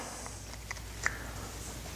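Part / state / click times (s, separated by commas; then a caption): cap drive piece onto the pepper mill grinder shaft / not seated / none. A plastic cap drive piece is handled at the grinder shaft of a pepper mill as the finished wooden cap is assembled onto the mill mechanism. A faint tap is heard near 0.7 s and a sharper, brief tick near 1.1 s over low background noise. Nothing has seated or clicked into place yet.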